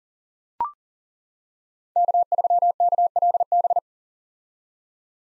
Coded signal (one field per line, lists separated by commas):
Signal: Morse code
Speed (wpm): 37 wpm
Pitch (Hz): 700 Hz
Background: none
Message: K3KLB